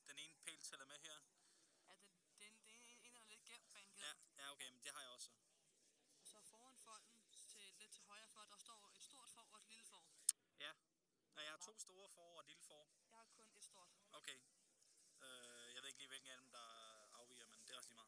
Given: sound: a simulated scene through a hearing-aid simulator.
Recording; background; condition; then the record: conversation; quiet; 55 dB SPL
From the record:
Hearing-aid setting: III (slow-acting compression, loudness normalization, advanced features for about 2.5 dB of SNR improvement); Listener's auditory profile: C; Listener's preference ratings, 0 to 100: 73, 78, 76